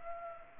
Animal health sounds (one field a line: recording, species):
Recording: mosquito wingbeat signal from an infrared sensor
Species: Culex pipiens